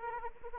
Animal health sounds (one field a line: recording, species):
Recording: mosquito wingbeat signal from an infrared sensor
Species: Anopheles arabiensis